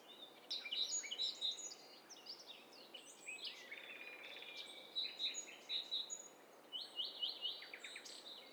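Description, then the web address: Birds: a mixed chorus of birds, with bright repeated chirps, thin whistles and brief buzzy trills overlapping against a steady soft background hiss. Many birds singing at once. "Hi Fi STEREO BIRD COCKTAIL PARTY Challenge"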